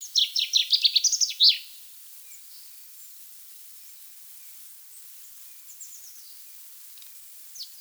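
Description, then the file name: Common chaffinch singing one fast, tumbling phrase of descending notes that ends in a flourish, followed by a long quiet stretch with a few faint chirps. "Fringilla coelebs"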